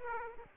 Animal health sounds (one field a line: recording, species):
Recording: mosquito wingbeat signal from an infrared sensor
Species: Aedes aegypti